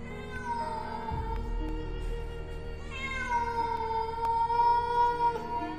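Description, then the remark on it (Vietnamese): A cat gives two long, drawn-out meows, one after the other, each a sustained, wavering, fairly high-pitched cry with no voices around it. “Con mèo gục gặc cái đầu, sau đó kêu lên một tiếng.”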